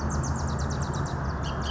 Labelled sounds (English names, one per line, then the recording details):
Bullock's Oriole
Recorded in Sonoma County, California